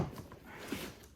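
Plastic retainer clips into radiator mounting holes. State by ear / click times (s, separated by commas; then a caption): not seated / none. Plastic retainer clips are handled at the radiator mounting holes of a 2007 Lexus ES350 during a radiator replacement, with faint rustling and a brief soft tap near 0.3 s. Nothing has seated or clicked yet; the last clips have not popped into place.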